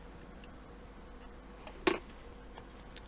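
Rear plastic parts of a die-cast and plastic Hachette Lancaster Bomber B III model are pressed into their mounts in the aircraft's nose section to test whether they clip in. A single sharp click sounds at 1.9 s, with only faint ticks against a low steady background before and after. The parts clip in and are seated.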